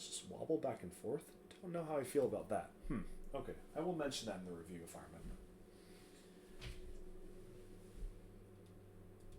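A plastic building element is handled while being fitted into a LEGO/Bionicle model assembly, and someone talks throughout. Soft handling noises sit under the voice, and the quieter second half holds only faint rustles. Nothing has seated or clicked yet; the clip ends just before the part goes home.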